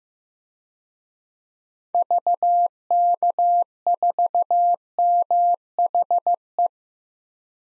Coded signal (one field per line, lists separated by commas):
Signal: Morse code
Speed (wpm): 15 wpm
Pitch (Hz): 700 Hz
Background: none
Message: VK4MHE